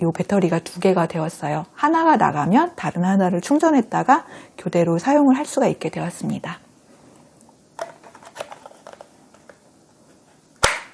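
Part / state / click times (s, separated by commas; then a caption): battery pack into cordless chainsaw handle / seated / 10.6 s. A rechargeable battery pack is slid into the handle of a small cordless chainsaw while someone talks. After the talking stops, a few light handling clicks and rustles follow. A single sharp, loud click at 10.6 s marks the pack locking into place.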